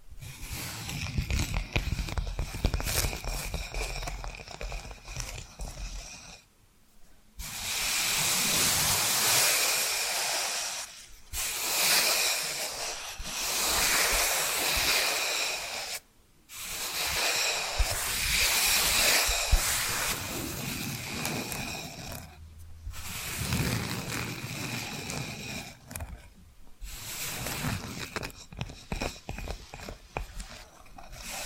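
Tapping and scratching sounds come in dense, crackly stretches, with busy rapid scratching filling the first six seconds. Brighter, hissing scratch passages follow, broken by short silent gaps near 7, 11, 16, 23 and 27 seconds, with soft low thumps underneath.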